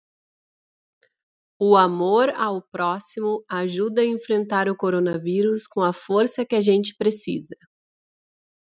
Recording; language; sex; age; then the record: spoken sentence; Brazilian Portuguese; female; 30 to 39 years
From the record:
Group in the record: control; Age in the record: 36 years